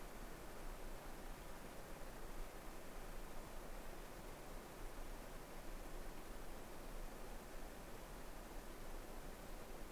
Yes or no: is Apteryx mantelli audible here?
no